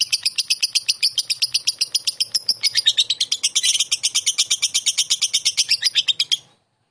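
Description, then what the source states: Lovebird chattering song, a fast, steady run of high, scratchy chirps, several per second and nearly unbroken, before stopping abruptly. Konslet song style.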